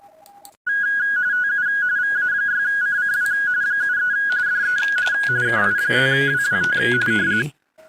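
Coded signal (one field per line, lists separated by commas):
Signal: RTTY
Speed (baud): 45.45 baud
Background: speech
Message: TU VA6CCW 73 DE KI5WWT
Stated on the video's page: Weekly RTTY contest on FT991A at 30 watts, Palomar Bullet 29.5 ft end-fed antenna with LDG Z-11Pro II autotuner.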